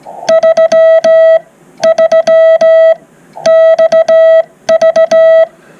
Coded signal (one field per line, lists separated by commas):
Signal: Morse code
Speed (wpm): 15 wpm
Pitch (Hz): 650 Hz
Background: none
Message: 33XV